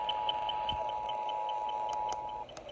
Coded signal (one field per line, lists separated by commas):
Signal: Emergency Alert System (SAME) tones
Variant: 853 and 960 Hz attention tone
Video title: (EAS 388) TN Child Abduction Emergency on WSM-AM